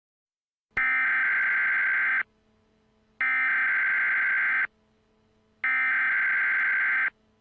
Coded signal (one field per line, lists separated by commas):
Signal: Emergency Alert System (SAME) tones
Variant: header bursts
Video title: EAS Scenario (#2) - ENTER SANDMAN